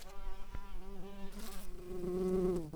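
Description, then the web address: Common carder bee buzzing: a low droning hum with wavering pitch, a brief click early on and a short hiss midway. Worker bees. "bumblebees Pascuorum-workers"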